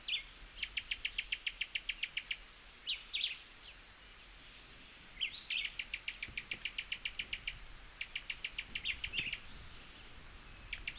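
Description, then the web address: Cuban tody, rattling calls: several bursts of quick, dry clicking notes, each lasting one to two seconds with pauses between, mixed with short chirps. "sound Cuban-tody. صدای-پرنده-تودی-کوبایی"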